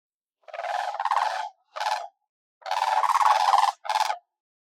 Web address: crane blue call